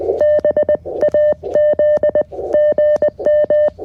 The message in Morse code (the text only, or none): B AZ GM